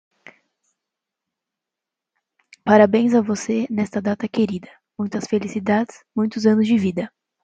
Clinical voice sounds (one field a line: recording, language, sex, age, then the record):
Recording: short text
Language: Brazilian Portuguese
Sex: female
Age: 20 to 29 years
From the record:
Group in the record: control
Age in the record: 21 years